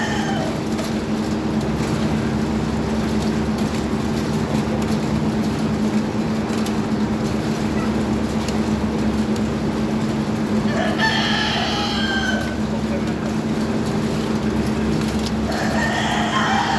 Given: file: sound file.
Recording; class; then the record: poultry; feeding with fan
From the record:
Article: Edge intelligence for poultry welfare: Utilizing tiny machine learning neural network processors for vocalization analysis